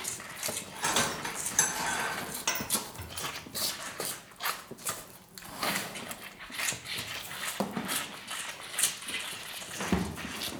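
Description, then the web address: Cattle: calves suckling, with busy slurping and sucking sounds throughout. "The BBC Sound Effects Library. Livestock. Calves Suckling"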